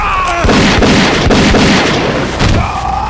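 A rapid burst of loud gunshots firing silver bullets, several sharp cracks in quick succession with booming low-end impacts, set against a sustained tonal hum, with no one speaking.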